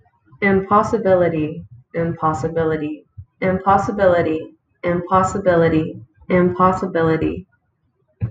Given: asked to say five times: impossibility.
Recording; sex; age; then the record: repeated word; female; 30 to 39 years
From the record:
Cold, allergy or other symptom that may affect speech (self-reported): no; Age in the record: 30 years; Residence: Oklahoma, United States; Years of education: 13